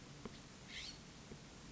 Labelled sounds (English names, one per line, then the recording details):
California Scrub-Jay
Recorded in Sonoma County, California